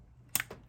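On a 1994 Mustang GT 5.0, during installation of an idle air controller, a large fuel line quick-connect coupling is pushed onto the fuel rail fitting. It gives one sharp, solid click at 0.4 seconds, followed by a softer knock about a tenth of a second later. The coupling is confirmed seated.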